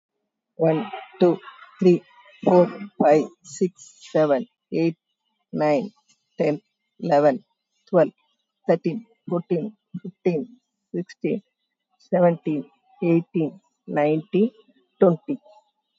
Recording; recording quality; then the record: counting at a normal pace; excellent, no background noise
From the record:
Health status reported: COVID-19 positive, mild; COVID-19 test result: positive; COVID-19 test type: RT-PCR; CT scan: taken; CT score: 3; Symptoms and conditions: cough, cold, fatigue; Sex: female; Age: 62 years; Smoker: no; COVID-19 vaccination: both doses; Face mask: worn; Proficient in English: yes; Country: India